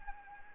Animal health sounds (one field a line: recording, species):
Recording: mosquito wingbeat signal from an infrared sensor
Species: Anopheles gambiae